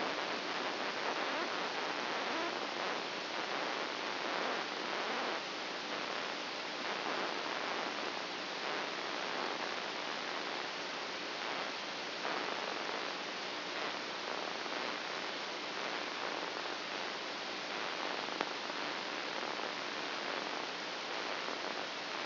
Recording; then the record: brain microelectrode recording played as sound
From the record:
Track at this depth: inside the subthalamic nucleus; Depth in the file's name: 3.004 mm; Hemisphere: right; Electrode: 2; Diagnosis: Parkinson's disease